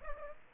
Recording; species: mosquito wingbeat signal from an infrared sensor; Aedes aegypti